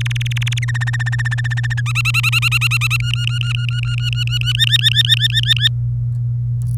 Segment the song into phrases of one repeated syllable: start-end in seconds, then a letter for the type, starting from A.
0.00-0.65 A, 0.68-1.80 B, 1.86-2.97 C, 3.00-4.53 D, 4.55-5.68 E